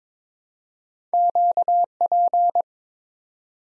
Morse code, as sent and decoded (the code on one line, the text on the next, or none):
--.- .--.
QP